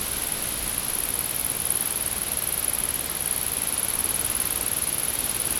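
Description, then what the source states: Insect trilling in a steady, very high-pitched buzz that runs unbroken through the whole stretch, over a soft background hiss. Insects in a field.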